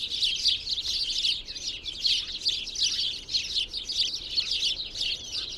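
Birds singing in a dense, continuous chorus of high chirps and twitters, overlapping without pause and swelling slightly in quick pulses throughout.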